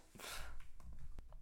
The cute little baby sneezes in the background.